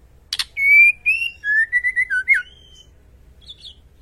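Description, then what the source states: White-rumped shama sings a rich whistled phrase, long notes breaking into quick stuttered whistles, then a thin trailing note and faint twittering. Cage-bird masteran training track, song described as full ngerol nembak.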